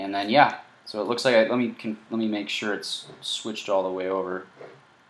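Someone talks while pushing the small developer-mode slide switch inside a Samsung Series 5 Chromebook laptop to make sure it is switched all the way over. The switch is being handled and has not clicked into position yet.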